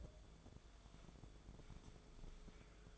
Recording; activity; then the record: daily activity, microphone in the room; take from stove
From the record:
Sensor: 5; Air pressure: 1010.5 hPa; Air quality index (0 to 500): 113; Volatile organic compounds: 2 ppm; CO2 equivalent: 1112 ppm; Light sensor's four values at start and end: 536/1364/568/653 and 595/1502/627/735